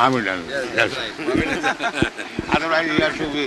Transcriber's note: laughter